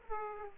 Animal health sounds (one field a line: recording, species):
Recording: mosquito wingbeat signal from an infrared sensor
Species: Aedes aegypti